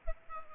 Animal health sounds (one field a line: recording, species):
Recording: mosquito wingbeat signal from an infrared sensor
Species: Culex pipiens